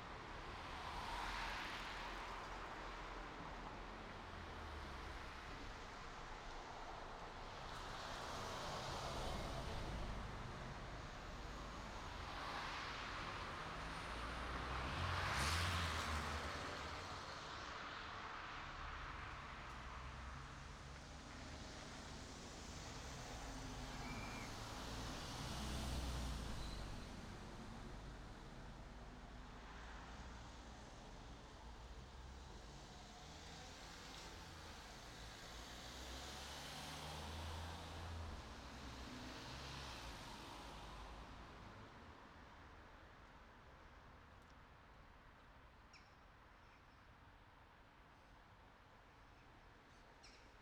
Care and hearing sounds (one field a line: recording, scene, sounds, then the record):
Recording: everyday scene through a hearing-aid microphone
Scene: in traffic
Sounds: traffic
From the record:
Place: city secondary road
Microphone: in the ear canal, right